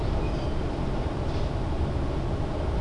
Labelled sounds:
none
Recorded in Germany
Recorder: ecoPi

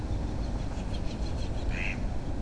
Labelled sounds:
Mallard
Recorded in Germany
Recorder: ecoPi

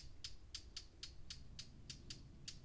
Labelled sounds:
Eurasian Blackcap
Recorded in Germany
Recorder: ecoPi

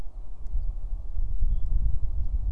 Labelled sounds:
Common Chaffinch
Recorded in Germany
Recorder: ecoPi

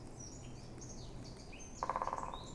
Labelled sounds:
Eurasian Blackcap
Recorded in Germany
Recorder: ecoPi

